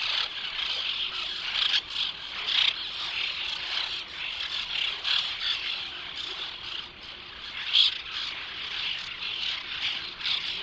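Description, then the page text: White-winged tern calls: dense, raspy chattering from a crowd of birds, harsh notes merging into an unbroken noisy chorus with one louder squawk near the end. "Белокрылая крачка (Chlidonias leucopterus)"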